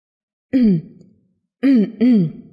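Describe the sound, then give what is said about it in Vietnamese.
A princess gives three short, dry coughs with a raspy, voiced edge: a single cough, a pause, then a quick pair in succession, fairly loud with no talking. “Ngọc Thanh công chúa lại ho khan một trận, trong đó còn xen lẫn tiếng ho khan của chúng nhân”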